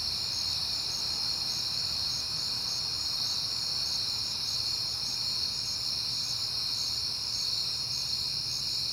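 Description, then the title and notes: Crickets keep up unbroken shrill chirping with rhythmic pulses, over a faint low background hum. Crickets on a peaceful night in September. "Night Time: Crickets and Passing Cars. It is September and I have been hearing the crickets a lot, but finally had a peaceful night to make the recording"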